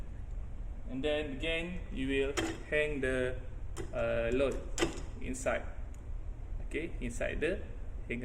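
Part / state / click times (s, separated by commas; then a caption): load weight in truss load hanger / not seated / none. A load weight is being hung inside the load hanger of a roof truss test rig while someone talks throughout. The weight is handled but not yet home, and nothing has seated or clicked into the hanger by the end of the clip.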